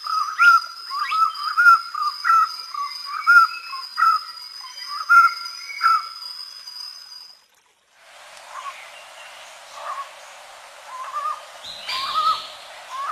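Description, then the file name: Collared puffbird song: a steady series of short whistled notes, each with a small rising-falling inflection, then a brief gap and fainter notes in a hissy background. "Canto do rapazinho de colar"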